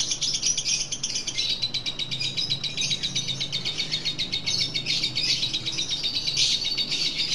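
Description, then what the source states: Lovebird chattering, a quick rattling run of piercing notes, roughly four each second, kept up evenly throughout. Lutino lovebird giving the ngekek chattering call, recorded for use in training birds.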